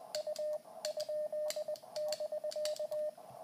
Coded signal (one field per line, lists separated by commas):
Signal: Morse code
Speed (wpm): 20 wpm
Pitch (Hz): 610 Hz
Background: radio noise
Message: U? <BK>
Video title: Le Code Morse Pour La Survie.